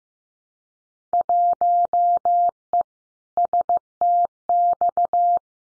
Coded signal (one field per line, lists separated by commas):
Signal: Morse code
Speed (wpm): 15 wpm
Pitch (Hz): 700 Hz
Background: none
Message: 1E STX